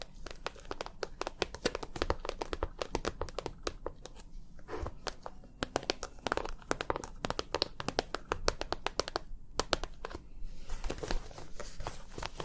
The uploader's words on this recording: ASMR 100% Tapping for the BEST Sleep & Tingles long nails, no talking.